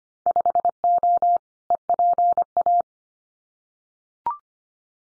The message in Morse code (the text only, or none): 5O EPA